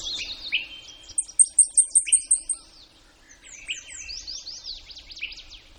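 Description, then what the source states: Blackpoll warbler song: a quick series of several high, thin, metronomic notes, amid other birds' slurred notes. Recorded in Denali, Alaska, on 19 May 2015 at about 09:45.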